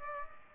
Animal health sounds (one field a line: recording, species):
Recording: mosquito wingbeat signal from an infrared sensor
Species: Aedes aegypti